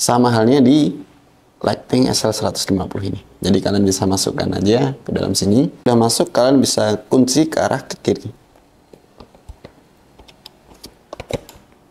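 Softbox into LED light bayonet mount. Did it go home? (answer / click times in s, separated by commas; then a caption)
no / none. A softbox is inserted into the bayonet mount of a Godox SL 150W LED light and twisted to the left to lock it. Someone talks for about the first 8 seconds, followed by a series of brief handling clicks and taps between 10.4 and 11.4 seconds. Nothing has seated or clicked locked yet by the end of the clip.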